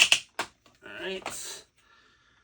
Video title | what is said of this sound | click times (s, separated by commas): Grail Quest! Lewin Resources Atlas (totally not Transformers Optimus Prime : part 1 | That's all clicked in. | 0.1 s